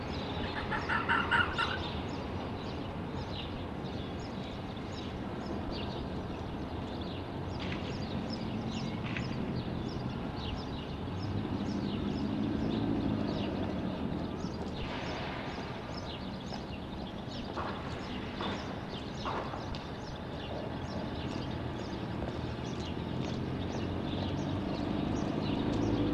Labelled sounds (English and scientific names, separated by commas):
Corsac Fox (Vulpes corsac) barking